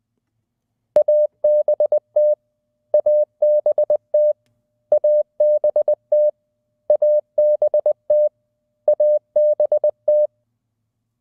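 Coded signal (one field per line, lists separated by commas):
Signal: Morse code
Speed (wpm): 20 wpm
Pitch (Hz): 600 Hz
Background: none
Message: ABT ABT ABT ABT ABT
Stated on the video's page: Morse code training lessons, audio files and practice sessions from a self-paced online course for beginners.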